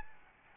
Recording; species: mosquito wingbeat signal from an infrared sensor; Aedes albopictus